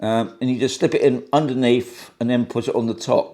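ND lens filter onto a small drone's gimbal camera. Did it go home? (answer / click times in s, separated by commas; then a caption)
no / none. An ND lens filter is slipped in underneath a small drone's gimbal camera and then put onto the top while someone talks. No click is heard, and nothing has seated yet.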